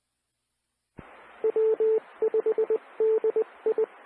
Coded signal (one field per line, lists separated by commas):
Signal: Morse code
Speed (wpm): 20 wpm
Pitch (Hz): 440 Hz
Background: radio noise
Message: W5DI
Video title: 2012-12-19 - Central Arkansas Radio Emergency Net CAREN